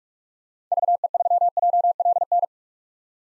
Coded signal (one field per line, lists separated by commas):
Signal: Morse code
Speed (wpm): 46 wpm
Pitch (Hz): 700 Hz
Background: none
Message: VE3JLN